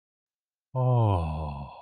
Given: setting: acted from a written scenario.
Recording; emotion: vocal sound without words; awe